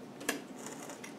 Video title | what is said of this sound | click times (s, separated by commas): LT230. Changing the mainshaft gear and re sealing. Part 3 | with that, there, did you hear it click? | 0.3 s